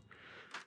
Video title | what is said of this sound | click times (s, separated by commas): Unboxing - e28.X & e28.9 | and then you'll see it's in place when it's all flush and seamlessly in that's when you know your battery is locked in | 0.5 s